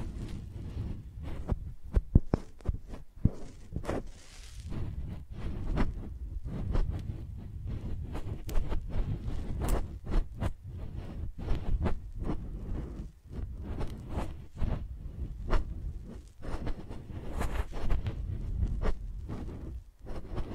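Microphones are handled like pencils, giving a steady run of sharp taps and scratchy strokes against a deep, muffled thumping underneath. The clicks come irregularly but often, a few per second, some crisp and bright, with brief quieter gaps scattered throughout.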